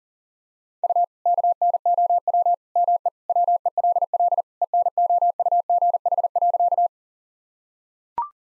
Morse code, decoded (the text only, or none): U KNOW ME WELL ENOUGH.